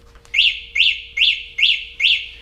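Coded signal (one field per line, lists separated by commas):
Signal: beep code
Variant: scooter remote locator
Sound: five quick, identical high electronic chirps in a steady rhythm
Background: faint electrical hum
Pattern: 5 short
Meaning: Sounds so the owner can find the scooter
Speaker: The bell-shaped icon is for making it beep 5 times to locate the unit.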